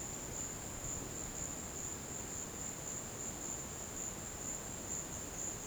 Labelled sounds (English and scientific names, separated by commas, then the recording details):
none
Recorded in dense forest near Puerto Asís, Putumayo, Colombia, on 13 March 2025 at 16:00
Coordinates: 0.486, -76.317
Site G053